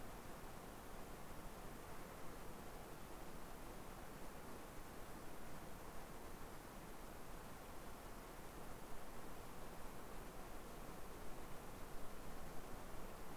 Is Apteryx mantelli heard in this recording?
no